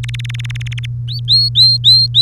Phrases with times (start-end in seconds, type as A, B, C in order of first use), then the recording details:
0.03-0.86 A, 1.08-2.21 B. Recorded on 3 May 2018 at 07:39. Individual llb3